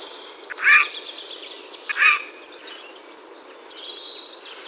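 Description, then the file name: Eurasian jay uttering two brief harsh calls with a slightly tonal edge about a second and a quarter apart, followed by a faint drawn-out note against background hiss. "Garrulus glandarius"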